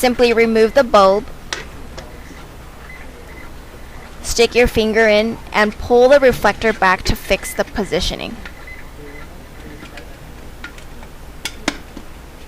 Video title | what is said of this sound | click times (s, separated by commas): iJDMTOY How To Fix Fog Lamp Shaking Sound Issue | you will hear a click to lock and the noise is gone | 11.7 s